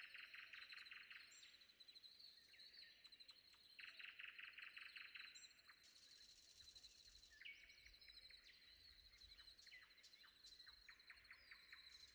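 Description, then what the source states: Common nightingale song with dense buzzy rattling bursts, then varied chirps and short note series, over a constant high-pitched insect-like hum. Recorded before dawn.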